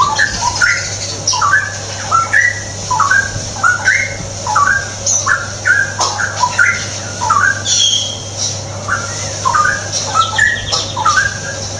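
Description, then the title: Straw-headed bulbul song: loud, liquid whistled warbles rising and falling in quick bursts, over a steady low hum. Masteran tutoring track for training caged birds; ropel gacor style, meaning rapid, continuous, energetic singing. "mster Mnuk. Masteran Burung CUCAK ROWO. Cucak Rowo Ropel Gacor"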